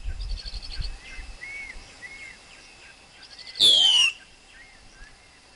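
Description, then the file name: Black-collared Starling giving one loud call that falls in pitch over a rising sweep, amid quiet background chirps and soft whistles. Wild forest bird's song, used for teaching young birds to sing. "Tieng chim ca cuong rung tap chim con hot"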